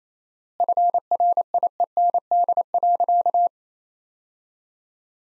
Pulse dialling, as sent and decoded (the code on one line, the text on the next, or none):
none